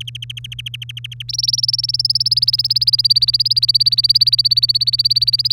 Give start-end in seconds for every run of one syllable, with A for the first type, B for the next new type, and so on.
0.00-1.22 A, 1.28-5.52 B